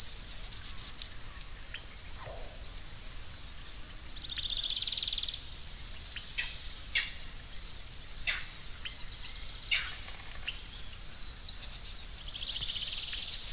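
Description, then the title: Bird song with thin, high whistled slurs at the start and short buzzy trills later, over a steady high insect drone and scattered chips. "LuckyPassaro Completos2Sama"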